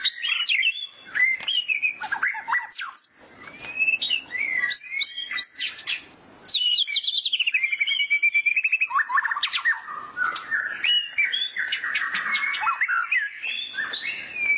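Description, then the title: White-rumped shama song: long stream of bright whistled phrases and rapid chattering notes, with a brief pause midway before an energetic, dense run of chips and trills. "Kicau Murai Batu"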